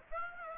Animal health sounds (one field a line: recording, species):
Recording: mosquito wingbeat signal from an infrared sensor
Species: Aedes aegypti